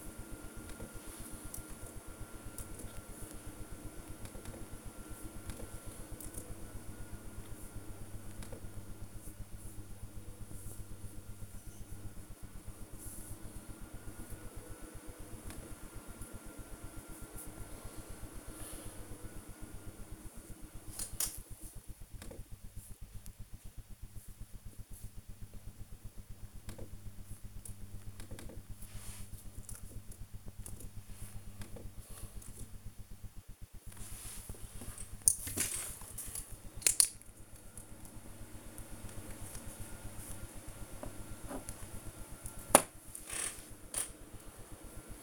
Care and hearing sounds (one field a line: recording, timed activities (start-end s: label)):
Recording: household activities, microphone on the right wrist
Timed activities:
0.00-45.23 s: working on the computer